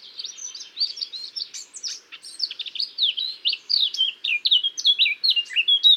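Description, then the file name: Eurasian blackcap giving a continuous scratchy, chattering warble of quick, varied high notes that grows louder toward the end, with no other sounds. "Sylvia atricapilla"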